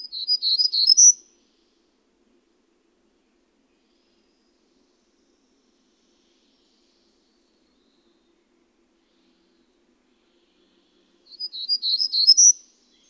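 Bird delivering a fast, high-pitched twittering phrase, a long pause, then the same rapid chirpy phrase again near the end.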